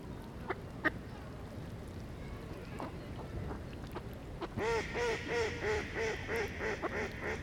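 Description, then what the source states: Duck quacking: after a quiet start with a few faint clicks, a run of about six nasal, evenly spaced quacks comes in the second half. Ducks at a pond.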